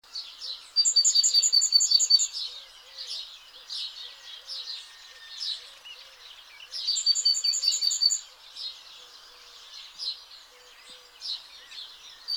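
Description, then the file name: Great tit: two bursts of rapid, high, evenly spaced ringing notes, near the start and again later, over a steady background of many other chirping birds. "Parus major"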